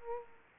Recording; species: mosquito wingbeat signal from an infrared sensor; Aedes aegypti